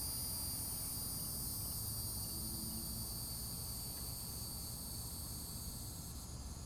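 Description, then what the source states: Cicada song, a steady high shrill buzz held without pause, over a low rumbling background noise. Florida.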